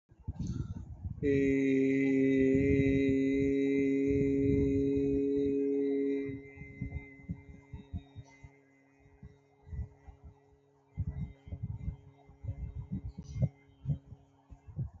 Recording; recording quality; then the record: sustained vowel as in made; excellent, no background noise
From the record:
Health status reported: healthy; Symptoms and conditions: none ticked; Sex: male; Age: 27 years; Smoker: not ticked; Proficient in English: yes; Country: India